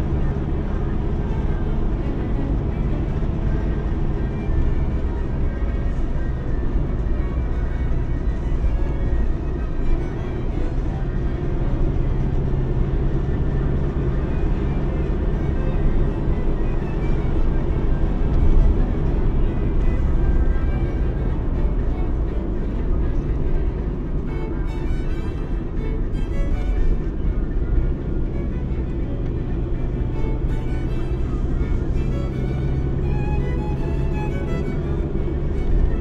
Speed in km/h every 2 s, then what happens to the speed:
80, 78, 74, 68, 67, 67, 76, 79, 87, 77, 66, 53, 50, 44, 46, 49, 50, 55.
0-7 slows to 67. 10-17 speeds up to 87. 17-26 brakes to 44. 26-36 speeds up to 55.